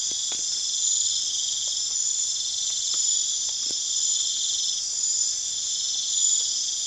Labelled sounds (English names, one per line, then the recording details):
none
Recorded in pastures near Puerto Asís, Putumayo, Colombia, on 29 June 2025 at 23:30
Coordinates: 0.502, -76.324
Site G010